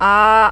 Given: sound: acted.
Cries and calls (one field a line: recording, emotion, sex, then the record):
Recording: nonverbal affect burst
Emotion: neutral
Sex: female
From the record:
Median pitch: 211 Hz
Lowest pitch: 184 Hz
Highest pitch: 222 Hz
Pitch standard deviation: 9 Hz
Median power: 82.5 dB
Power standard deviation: 4.5 dB